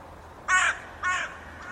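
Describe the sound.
Bird giving two short harsh caw-like calls about half a second apart, followed by a fainter third note, over quiet background hiss.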